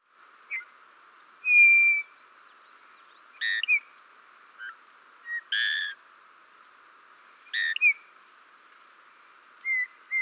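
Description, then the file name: Eurasian bullfinch giving soft, steady piping whistles with a few harsh, creaky notes between them, spaced irregularly over a faint steady hiss. "Pyrrhula pyrrhula"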